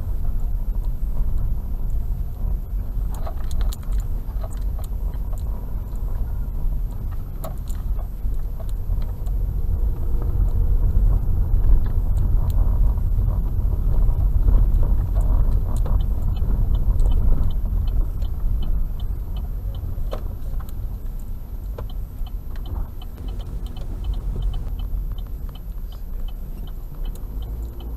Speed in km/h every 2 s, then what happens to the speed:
9, 9, 9, 7, 11, 16, 16, 15, 12, 9, 7, 10, 4, 4.
0-7 steady at about 9. 7-9 speeds up to 16. 12-24 slows to 4.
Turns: none.